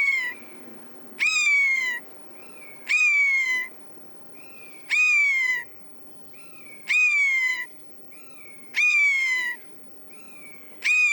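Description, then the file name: Eurasian jay giving loud, harmonic, down-slurred mewing calls about every two seconds, alternating with shorter, softer level notes. "Garrulus glandarius"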